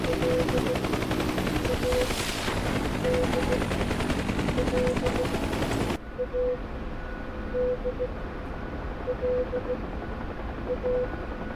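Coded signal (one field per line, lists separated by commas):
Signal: Morse code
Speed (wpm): 16 wpm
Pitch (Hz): 500 Hz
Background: none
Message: L A D L A D L A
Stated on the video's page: Morse heard in the DCS UH-1 Huey flight simulator game, Peacekeeper Campaign mission.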